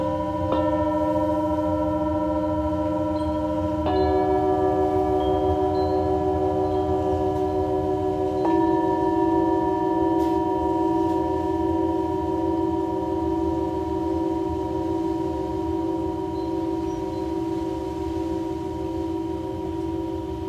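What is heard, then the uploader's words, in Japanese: Tibetan singing bowls are struck at about 0.5, 4 and 8.5 seconds, their bright ringing tones overlapping and sustaining steadily over a low rumble. チベタンシンギングボウル。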